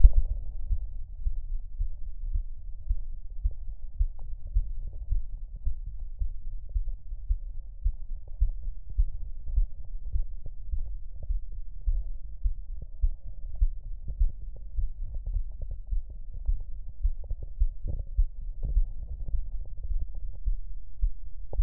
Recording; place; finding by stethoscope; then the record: heart sounds by stethoscope; pulmonary valve (PV); normal heart sounds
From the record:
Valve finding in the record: normal valve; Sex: male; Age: 44 years